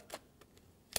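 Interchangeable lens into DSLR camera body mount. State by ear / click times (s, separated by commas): seated / 1.0 s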